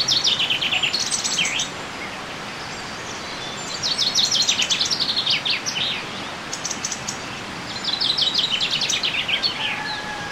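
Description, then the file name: Common chaffinch singing three cheerful, accelerating phrases that tumble downward and close with a flourish, separated by short pauses, with some thin high notes in between over soft hiss. "Fringilla coelebs"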